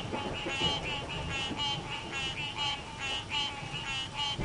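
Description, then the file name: Frogs calling in a dense chorus of rapid, buzzy trills that swell and fade, with a steady tone underneath and low background rumble. "Quieter Frogs"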